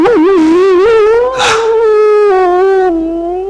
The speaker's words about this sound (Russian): Волки. Что? Теперь конец. От волков не уйдешь. От людей ушел, а от волков куда деваться? Сколько их? Три? Пять?